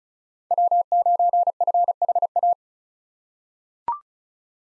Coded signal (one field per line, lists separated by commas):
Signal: Morse code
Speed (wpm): 34 wpm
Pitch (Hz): 700 Hz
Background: none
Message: W9FHA